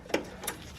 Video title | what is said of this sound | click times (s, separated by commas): 2013-2017 Mazda CX-5 - Front ABS Wheel Speed Sensor Replacement | snap that locked into place snap that one into place and then | 0.1 s, 0.5 s